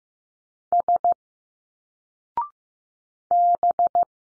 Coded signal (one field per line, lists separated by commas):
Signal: Morse code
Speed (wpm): 15 wpm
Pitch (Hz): 700 Hz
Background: none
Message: S B